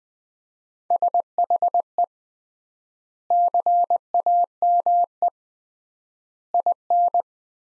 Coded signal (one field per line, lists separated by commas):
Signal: Morse code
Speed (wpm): 20 wpm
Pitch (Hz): 700 Hz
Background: none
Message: SHE CAME IN